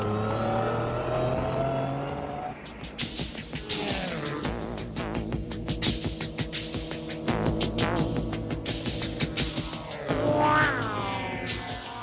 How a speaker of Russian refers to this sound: Они влезли в кабину, и грузовичок с треском и скрежетом поехал вверх по дороге.